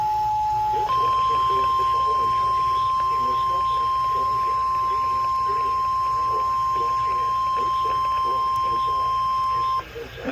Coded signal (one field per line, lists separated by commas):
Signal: Emergency Alert System (SAME) tones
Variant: 1050 Hz attention tone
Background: speech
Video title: (EAS #473) Tornado Watch #446